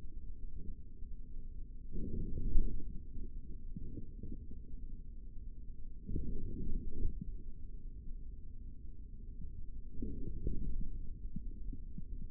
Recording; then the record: forearm muscle sounds (acoustic myography)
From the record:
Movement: forearm supination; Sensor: system 3, bracelet of six PUI Audio POM-2738L microphones around the upper forearm, with dedicated amplification and filtering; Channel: 6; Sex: male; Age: 25 years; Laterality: right